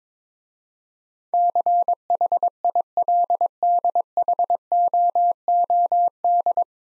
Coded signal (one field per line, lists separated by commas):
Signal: Morse code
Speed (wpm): 22 wpm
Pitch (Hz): 700 Hz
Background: none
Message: CHILDHOOD